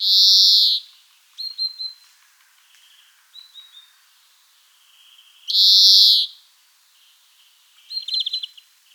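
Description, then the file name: European greenfinch: short bursts of chirping notes at intervals with thin whistled tones, and two loud broad hissing bursts. "Chloris chloris"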